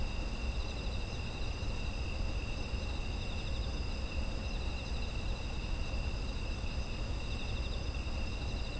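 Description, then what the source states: Insects produce a ceaseless layered trilling at high pitches while a low rumble runs continuously underneath. Autumn insect ambience.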